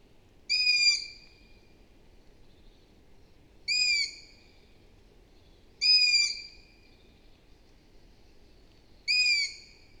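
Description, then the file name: Long-eared owl calling with piercing, squeaky notes, four times at irregular intervals, against a low steady hiss. "Hibou moyen-duc - Asio otus"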